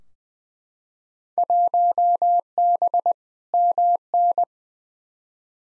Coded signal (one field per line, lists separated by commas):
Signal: Morse code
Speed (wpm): 20 wpm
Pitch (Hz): 700 Hz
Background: none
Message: 1B MN